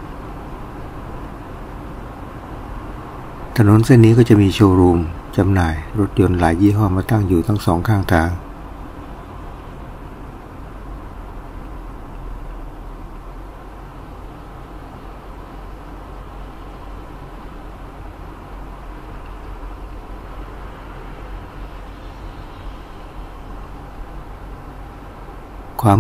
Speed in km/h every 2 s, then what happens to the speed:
38, 39, 41, 39, 38, 37, 35, 34, 33, 33, 33, 32, 32.
0-26 steady at about 35.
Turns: none.